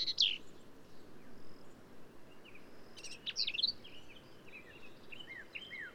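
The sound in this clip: Black-capped vireo song: scratchy high phrases at the start and around the middle, followed by a run of short slurred notes.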